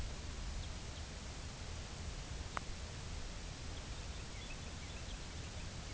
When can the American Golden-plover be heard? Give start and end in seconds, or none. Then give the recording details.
0.37-1.17, 4.15-5.93. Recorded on Arctic tundra, site UTQI-2, on 15 June 2019. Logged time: 22:00